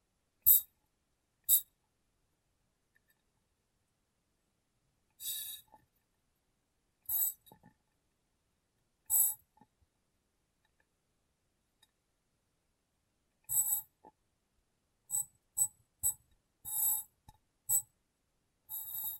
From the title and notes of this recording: ASMR Glass Brain Tapping & Cleaning (No Talking).